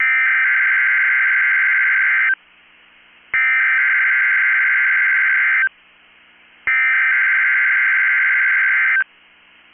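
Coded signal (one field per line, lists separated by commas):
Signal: Emergency Alert System (SAME) tones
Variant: header bursts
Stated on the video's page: NOAA Weather Radio required weekly test EAS tones.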